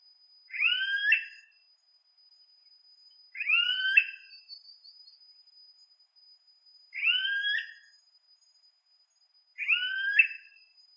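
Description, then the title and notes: Yellow-headed caracara repeating short rising screechy whines, four calls about every three seconds, with a steady high-pitched hum behind. "Carrapateiro Yellow-headed Caracara (Milvago chimachima)"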